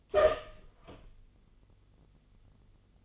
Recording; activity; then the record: daily activity, microphone in the room; open door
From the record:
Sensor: 4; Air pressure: 1016.1 hPa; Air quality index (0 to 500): 211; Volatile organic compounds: 13 ppm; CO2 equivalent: 2403 ppm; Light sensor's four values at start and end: 9/20/8/7 and 9/20/8/7